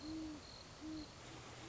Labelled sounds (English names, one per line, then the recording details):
Great Horned Owl
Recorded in Sonoma County, California